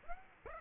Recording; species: mosquito wingbeat signal from an infrared sensor; Aedes aegypti